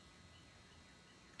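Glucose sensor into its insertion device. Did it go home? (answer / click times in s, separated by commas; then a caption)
yes / 1.4 s. A plastic glucose sensor inserter is pressed down over the glucose sensor sitting on its small table, with only a low, steady background hiss. A sharp click comes at 1.4 s as the inserter clicks onto the sensor and is seated.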